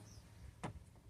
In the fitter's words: But that's all it is. It just pops right in. No big deal.